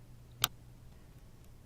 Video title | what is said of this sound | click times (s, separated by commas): открываем замок 720p | eventually the split in the seized pin will align with the edge of the barrel and there should be an audible click | 0.4 s